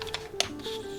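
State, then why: Not seated. A Nikon lens is being lined up by its dots and twisted into a metal Micro Four Thirds mount adapter, with short handling ticks at about 0.0 s and 0.2 s and a sharper tap near 0.4 s over steady background music. The clip ends before the lens goes home, so nothing has seated or clicked yet.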